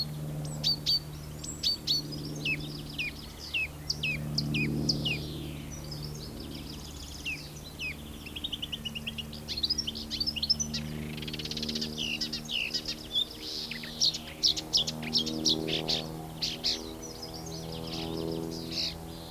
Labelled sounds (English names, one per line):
Marsh Warbler